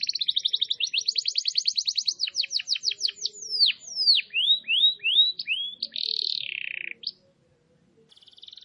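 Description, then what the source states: Canary song: fast trills leading into loud falling whistled notes, a buzzy rolling section, a short pause, then a faint new trill. Long, energetic canary song, used as a lure and tutor recording for wild canaries.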